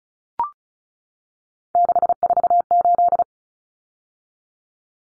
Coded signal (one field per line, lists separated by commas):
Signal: Morse code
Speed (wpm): 34 wpm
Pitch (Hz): 700 Hz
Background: none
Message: 648